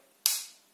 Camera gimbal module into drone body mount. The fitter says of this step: l'entend clip c'est bon il ya pas de problème de la caméra et est